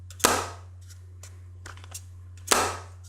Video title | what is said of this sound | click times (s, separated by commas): How To Start A YouTube Channel In 2026 - Full Course (12hrs) | So, it comes in this box which makes a very satisfying click sound. | 0.2 s, 2.5 s